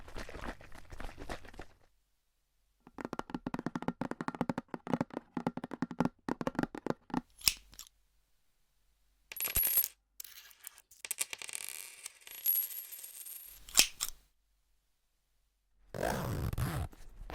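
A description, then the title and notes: Dry scratching and rapid tapping in quick bursts, with brief silences, a few sharp clicks, and a low rubbing swell near the end. Changing Triggers Every 30 Seconds Scratching , Tapping , Massage & More No Talking.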